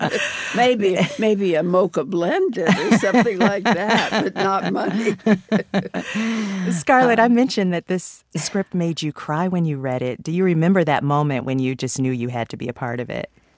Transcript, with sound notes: Maybe a mocha blended or something like that, but not money.
(LAUGHTER)
Scarlett, I mentioned that this script made you cry when you read it. Do you remember that moment when you just knew you had to be a part of it?